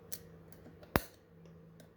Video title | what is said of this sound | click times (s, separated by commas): VIM Tools HDR410 1/4" Drive 10" Long 90 Tooth Ratchet teardown | There you go. You heard that click. | 1.0 s